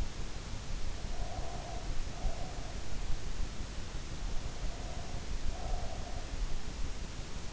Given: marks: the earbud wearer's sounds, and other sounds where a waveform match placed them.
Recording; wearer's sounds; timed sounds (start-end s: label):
sounds in sleep by an in-ear microphone; breath
0.83-2.71 s: breath
4.41-6.36 s: breath